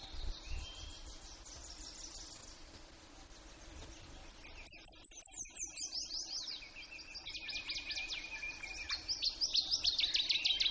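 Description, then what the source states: Blackpoll warbler song: a series of very high, thin, evenly spaced ticking notes that swells then fades, with other songbirds trilling and twittering around it. Recorded in Denali, Alaska, on 19 May 2015 at about 09:45.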